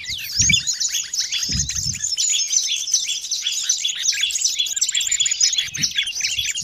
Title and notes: Master Burung Ribut Durasi Panjang. Burung Ribut Pikat